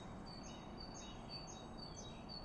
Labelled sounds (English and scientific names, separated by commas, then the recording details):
Great Tit (Parus major)
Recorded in Germany
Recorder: ecoPi